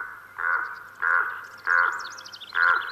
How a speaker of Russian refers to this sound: Вдруг подал голос ворон. «А чего это он?» – удивился я. «Разве он не каркает, как ворона?» «Нет, его разговор совсем не похож на воронье карканье».